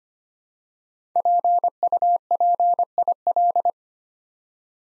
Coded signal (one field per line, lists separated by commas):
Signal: Morse code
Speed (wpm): 25 wpm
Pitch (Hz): 700 Hz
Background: none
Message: PUPIL